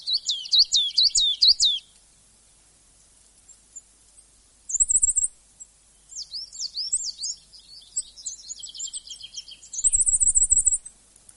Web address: coal tit